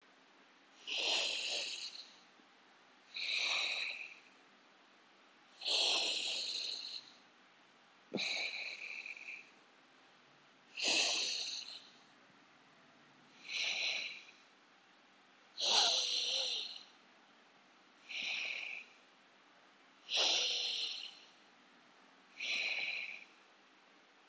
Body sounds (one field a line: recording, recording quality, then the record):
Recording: deep breathing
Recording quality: excellent, no background noise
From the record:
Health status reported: healthy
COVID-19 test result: negative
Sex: male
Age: 23 years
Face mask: not worn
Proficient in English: yes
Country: India